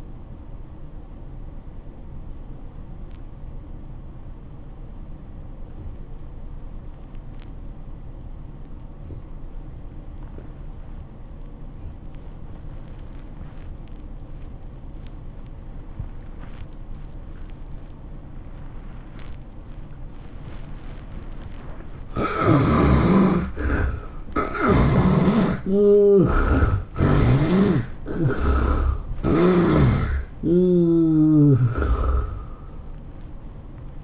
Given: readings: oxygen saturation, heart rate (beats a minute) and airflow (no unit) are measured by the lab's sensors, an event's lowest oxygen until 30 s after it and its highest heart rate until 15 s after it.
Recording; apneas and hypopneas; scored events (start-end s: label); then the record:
breathing in sleep by a smartphone at the bedside; 1
3.00-23.20 s: obstructive apnea (N1, oxygen 96% highest, then 72% lowest, heart rate 92 at the start, 109 highest)
3.00-34.04 s: new sleep stage, N2 (light sleep)
From the record:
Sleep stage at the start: N1 (lightest sleep); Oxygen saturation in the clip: 77 to 96%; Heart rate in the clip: 78 to 109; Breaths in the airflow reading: 4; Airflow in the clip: -14.5 to 11.5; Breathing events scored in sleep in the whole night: 403 in 5.5 hours asleep